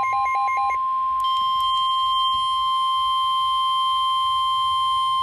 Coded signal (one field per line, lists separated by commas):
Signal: Emergency Alert System (SAME) tones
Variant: 1050 Hz attention tone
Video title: Severe Thunderstorm Warning - EAS #497